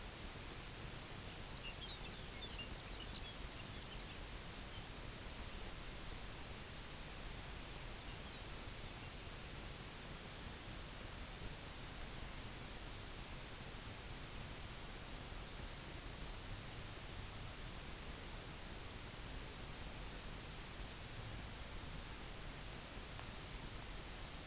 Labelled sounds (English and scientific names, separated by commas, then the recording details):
Lapland Longspur (Calcarius lapponicus)
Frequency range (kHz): Lapland Longspur (Calcarius lapponicus) 1.6-5.8 kHz
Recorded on Arctic tundra, site UTQI-0, on 22 June 2018
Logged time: 12:00